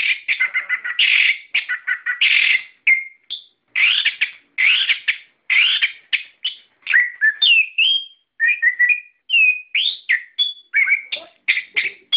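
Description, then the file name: Songbird song mixing rapid trills with clear slurred whistles, some rising, between short silences. Masteran song for training cage birds. "ak masteran"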